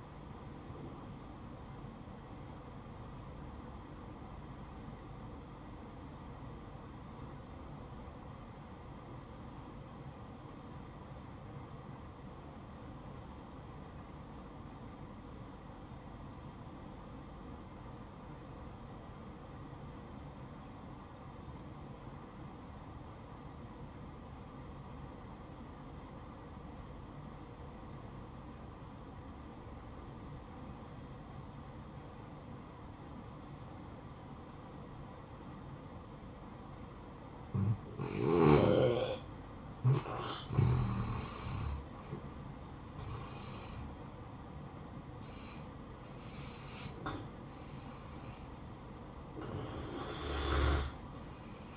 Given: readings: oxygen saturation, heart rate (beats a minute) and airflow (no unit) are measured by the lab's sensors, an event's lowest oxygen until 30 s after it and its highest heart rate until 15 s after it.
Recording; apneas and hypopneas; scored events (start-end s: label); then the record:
breathing in sleep by a smartphone at the bedside; 1
3.00-39.20 s: obstructive apnea (N1, oxygen 96% highest, then 83% lowest, heart rate 61 at the start, 69 highest)
5.00-35.00 s: new sleep stage, N2 (light sleep)
35.00-51.77 s: new sleep stage, N1 (lightest sleep)
From the record:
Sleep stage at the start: N1 (lightest sleep); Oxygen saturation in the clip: 85 to 96%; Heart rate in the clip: 59 to 69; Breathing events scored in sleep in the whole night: 573 in 9.8 hours asleep